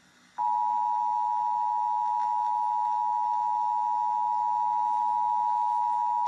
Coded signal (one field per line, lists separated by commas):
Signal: Emergency Alert System (SAME) tones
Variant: 853 and 960 Hz attention tone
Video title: Halloween Night | An EAS Scenario Reaction Pt 3